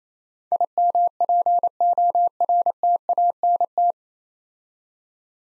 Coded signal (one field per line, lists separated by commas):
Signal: Morse code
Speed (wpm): 29 wpm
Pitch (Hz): 700 Hz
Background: none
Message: IMPORTANT